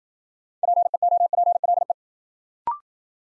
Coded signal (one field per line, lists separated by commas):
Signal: Morse code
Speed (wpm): 53 wpm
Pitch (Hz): 700 Hz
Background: none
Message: PEOPLE